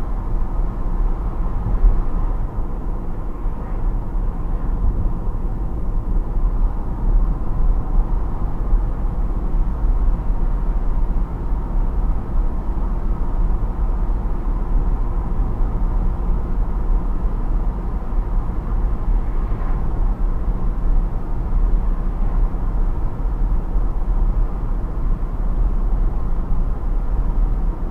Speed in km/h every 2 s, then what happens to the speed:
70, 70, 68, 68, 70, 68, 68, 70, 70, 70, 70, 66, 68, 70.
0-28 steady at about 70.